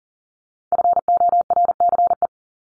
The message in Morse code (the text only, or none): FORCE